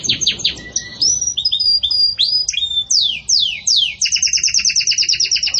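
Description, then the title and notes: Belgian canary song: quick slurred whistles and sweeping notes, then a fast rolling trill of repeated high notes near the end. Belgian canary; pure "campainha" song style with pauses, for training. "Canto Canário Belga Campainha Puro Com Pausa Para Treinamento. CANARIO BELGA"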